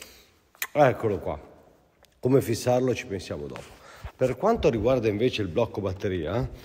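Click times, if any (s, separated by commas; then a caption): 0.6 s. A steel Allen key with its short leg cut off, attached to a drill's motor-lock block, drops into place with a sharp hit at 0.6 s and is seated. Someone talks for the rest of the clip.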